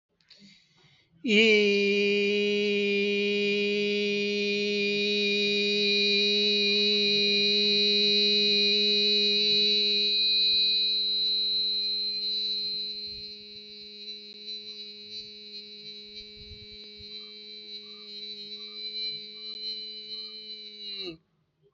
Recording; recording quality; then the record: sustained vowel as in beet; excellent, no background noise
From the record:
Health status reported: healthy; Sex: male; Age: 39 years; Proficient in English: yes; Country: India